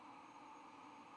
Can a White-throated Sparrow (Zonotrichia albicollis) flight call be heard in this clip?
no